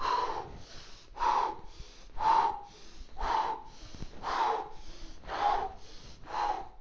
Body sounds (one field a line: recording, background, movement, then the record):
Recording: deep breathing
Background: quiet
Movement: walking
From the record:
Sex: male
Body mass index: 22.0 kg/m2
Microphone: on the chest, facing outward